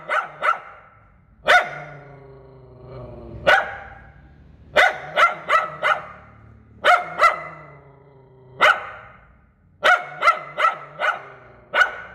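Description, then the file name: Poodle giving quick, sharp barks singly or in clusters of up to four, separated by short pauses, over a faint low hum. "Tieng cho poodle sua"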